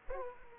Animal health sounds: mosquito wingbeat signal from an infrared sensor; Aedes aegypti

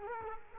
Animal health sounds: mosquito wingbeat signal from an infrared sensor; Culex quinquefasciatus

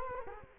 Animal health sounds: mosquito wingbeat signal from an infrared sensor; Culex quinquefasciatus

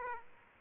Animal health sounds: mosquito wingbeat signal from an infrared sensor; Aedes aegypti

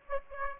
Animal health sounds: mosquito wingbeat signal from an infrared sensor; Aedes aegypti

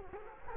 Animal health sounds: mosquito wingbeat signal from an infrared sensor; Culex quinquefasciatus

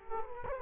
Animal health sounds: mosquito wingbeat signal from an infrared sensor; Culex quinquefasciatus

